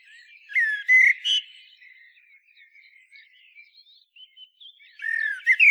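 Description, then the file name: Common blackbird song: a loud mellow fluted phrase, a stretch of soft subdued warbling, then another rich fluted phrase near the end. "Turdus merula"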